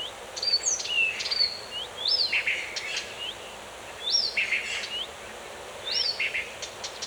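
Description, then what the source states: Birds singing: clear whistled phrases with quick rising and falling sweeps, repeated in bursts about every two seconds, over a soft, constant hiss. Birds in a forest.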